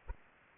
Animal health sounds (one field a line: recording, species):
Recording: mosquito wingbeat signal from an infrared sensor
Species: Aedes aegypti